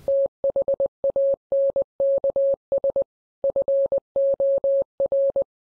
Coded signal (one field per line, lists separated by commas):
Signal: Morse code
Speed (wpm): 20 wpm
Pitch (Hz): 550 Hz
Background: none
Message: THANKS FOR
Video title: Tech Talk with George, K3GP about FT8